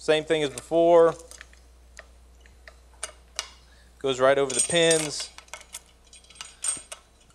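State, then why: Seated. A metal clamp is fitted over the pins of a McElroy QuikFit fusion carriage jaw while someone talks, with light metallic taps and jangles as it is handled. It clicks into place at about 6.9 seconds and is seated.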